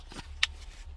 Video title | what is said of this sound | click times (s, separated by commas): How to replace window master switch infinti g35 g37 q40 q25 sedan | oh, this one's not in. Oh, it's in there. Nope, it's not. | 0.4 s